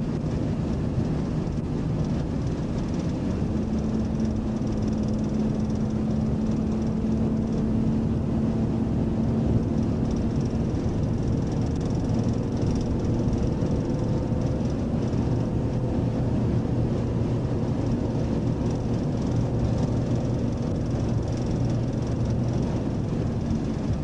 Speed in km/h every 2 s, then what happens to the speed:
153, 153, 158, 163, 167, 167, 169, 171, 171, 172, 172, 167.
0-13 speeds up to 171. 13-24 steady at about 171.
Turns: none.